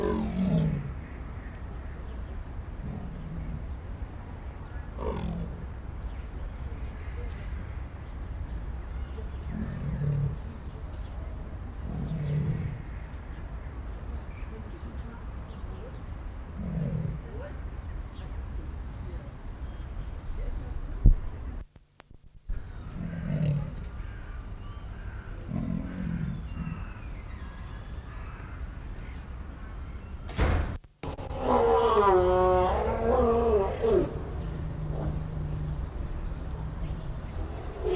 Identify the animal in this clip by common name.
Lion